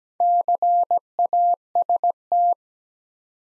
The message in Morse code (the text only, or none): CAST